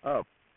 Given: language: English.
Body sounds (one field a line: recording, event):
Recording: throat vibration sensor signal played as sound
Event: speech